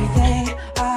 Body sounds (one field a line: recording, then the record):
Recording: coughing mixed with background sound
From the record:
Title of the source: Female coughing - Sound effects